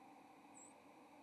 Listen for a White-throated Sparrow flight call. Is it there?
yes